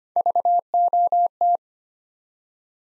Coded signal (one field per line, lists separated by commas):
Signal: Morse code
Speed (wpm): 25 wpm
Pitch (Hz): 700 Hz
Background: none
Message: VOT